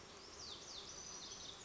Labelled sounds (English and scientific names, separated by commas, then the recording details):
Lazuli Bunting (Passerina amoena)
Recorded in Sonoma County, California